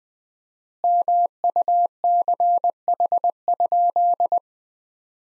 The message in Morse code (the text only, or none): MUCH?